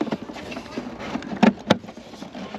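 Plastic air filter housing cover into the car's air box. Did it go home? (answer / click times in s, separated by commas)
yes / 1.7 s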